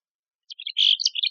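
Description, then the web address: Mexican Chickadee call: a few quick high chips lead into a harsh buzzy note, then more scratchy chips. Part of the chickadees and allies set of the AZFO sound library, recorded by Deviche. "Sound Library Chickadees Allies AZFO MECH Deviche"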